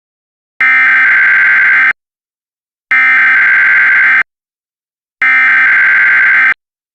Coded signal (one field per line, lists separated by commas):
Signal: Emergency Alert System (SAME) tones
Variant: header bursts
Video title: EAS Mini Scenario - Time Pauses